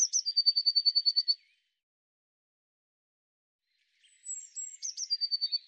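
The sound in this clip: Eurasian blue tit calls: a fast, even run of high, sharp notes stops abruptly, then after a pause thin, very high notes lead into another rapid ringing trill.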